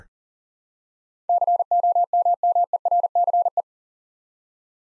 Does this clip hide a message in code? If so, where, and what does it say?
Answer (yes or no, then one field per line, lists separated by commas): yes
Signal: Morse code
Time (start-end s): 1.3-3.6 s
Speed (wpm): 41 wpm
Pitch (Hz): 700 Hz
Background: none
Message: COMMERCE